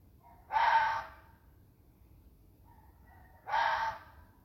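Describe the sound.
Fox giving two harsh, breathy barks about three seconds apart, each short and rasping, with quiet between them.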